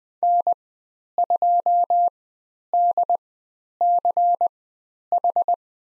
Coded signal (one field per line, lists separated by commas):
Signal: Morse code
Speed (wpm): 20 wpm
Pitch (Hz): 700 Hz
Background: none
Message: N2DCH